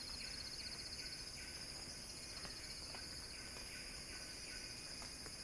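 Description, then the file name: Cicada song, a dense high buzz with quick pulsed chirps underneath. Cicada song building as a crescendo. "earth-fm Axel-Drioli Cicada-Crescendo-Sounding-Wild"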